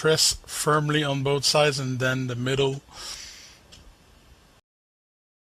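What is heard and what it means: A plastic screen bezel is being handled on the lid of an Aspire One D255E-13605 laptop during a screen replacement, about to be pressed firmly back on along both sides and the middle. Someone talks for the first 2.8 seconds, followed by faint low handling noise until about 4.6 seconds, then silence. Nothing has seated or clicked yet.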